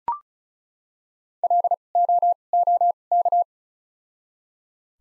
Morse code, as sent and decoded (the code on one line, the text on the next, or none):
.-.. / --- / --- / -.-
L O O K